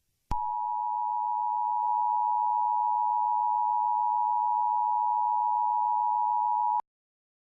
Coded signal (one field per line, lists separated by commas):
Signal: Emergency Alert System (SAME) tones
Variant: 853 and 960 Hz attention tone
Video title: Eas Scenario 008 - The End of The World